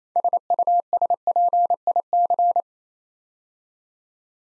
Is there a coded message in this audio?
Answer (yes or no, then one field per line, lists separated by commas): yes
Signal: Morse code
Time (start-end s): 0.2-2.6 s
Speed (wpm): 27 wpm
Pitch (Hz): 700 Hz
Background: none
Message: SUSPIC